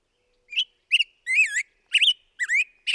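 Black-headed grosbeak song fragment: six rich whistled notes, each slurred up or down, spaced roughly half a second apart.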